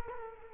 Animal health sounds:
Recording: mosquito wingbeat signal from an infrared sensor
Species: Culex quinquefasciatus

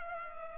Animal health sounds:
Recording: mosquito wingbeat signal from an infrared sensor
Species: Culex pipiens

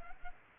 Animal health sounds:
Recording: mosquito wingbeat signal from an infrared sensor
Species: Culex quinquefasciatus

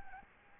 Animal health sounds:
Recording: mosquito wingbeat signal from an infrared sensor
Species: Aedes albopictus

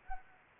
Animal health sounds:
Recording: mosquito wingbeat signal from an infrared sensor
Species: Anopheles gambiae

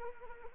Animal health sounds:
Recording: mosquito wingbeat signal from an infrared sensor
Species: Anopheles arabiensis

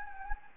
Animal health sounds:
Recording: mosquito wingbeat signal from an infrared sensor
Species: Anopheles gambiae

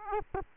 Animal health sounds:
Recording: mosquito wingbeat signal from an infrared sensor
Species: Aedes aegypti

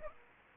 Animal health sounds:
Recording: mosquito wingbeat signal from an infrared sensor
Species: Aedes aegypti

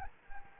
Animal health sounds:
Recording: mosquito wingbeat signal from an infrared sensor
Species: Anopheles gambiae

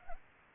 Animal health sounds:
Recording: mosquito wingbeat signal from an infrared sensor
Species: Culex pipiens

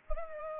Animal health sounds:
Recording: mosquito wingbeat signal from an infrared sensor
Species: Culex pipiens

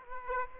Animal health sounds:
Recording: mosquito wingbeat signal from an infrared sensor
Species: Aedes aegypti

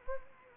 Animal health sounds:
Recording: mosquito wingbeat signal from an infrared sensor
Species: Anopheles gambiae

